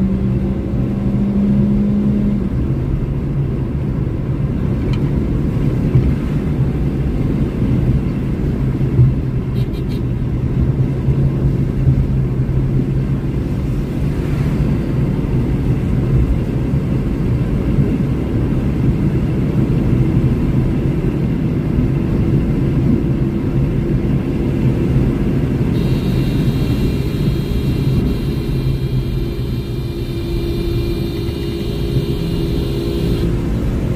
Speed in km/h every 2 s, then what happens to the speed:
102, 106, 112, 115, 100, 105, 109, 114, 119, 123, 127, 131, 130, 110, 82, 76, 89.
0-6 speeds up to 115. 6-9 brakes to 100. 9-24 speeds up to 130. 24-29 brakes to 76. 29-34 speeds up to 89.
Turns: none.